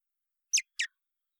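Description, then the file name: Common blackbird calls: two short, sharp clicking notes in quick succession, then silence. "Turdus merula"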